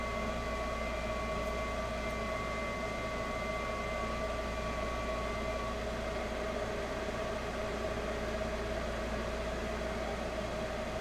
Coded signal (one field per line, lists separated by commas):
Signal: FT8